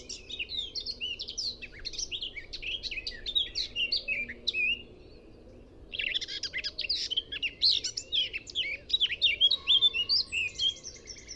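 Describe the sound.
Eurasian blackcap song: two long runs of dense, jumbled warbling split by a short silent gap, with a faint low whistled note near the end.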